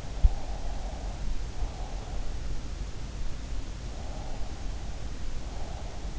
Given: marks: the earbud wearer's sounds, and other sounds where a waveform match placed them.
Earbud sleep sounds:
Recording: sounds in sleep by an in-ear microphone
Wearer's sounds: breath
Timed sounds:
0.24-2.19 s: breath
3.94-5.97 s: breath

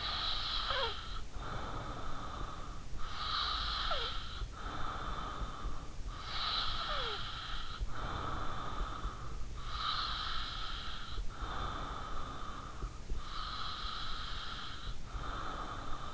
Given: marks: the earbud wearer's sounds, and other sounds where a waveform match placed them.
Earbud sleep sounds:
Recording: sounds in sleep by an in-ear microphone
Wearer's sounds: snoring breath, breath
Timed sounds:
0.00-9.68 s: snoring breath
9.68-16.14 s: breath

